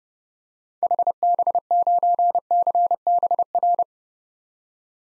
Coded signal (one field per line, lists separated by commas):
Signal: Morse code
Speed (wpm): 30 wpm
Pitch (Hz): 700 Hz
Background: none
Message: HB9CBR